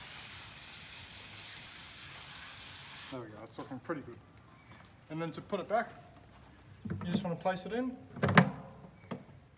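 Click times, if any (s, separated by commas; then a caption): 8.4 s. A cleaned Maelstrom shark cage filter part is placed back into a rainwater filter housing and pushed down until its plastic snap fits engage. A steady broadband hiss runs for the first three seconds, then someone talks, followed by a short burst of handling sounds. The cage snaps into place with a sharp click at 8.4 seconds.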